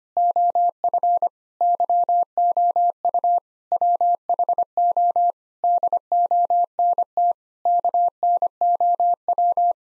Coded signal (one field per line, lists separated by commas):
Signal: Morse code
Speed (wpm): 25 wpm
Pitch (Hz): 700 Hz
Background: none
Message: OF YOU WHO DONT KNOW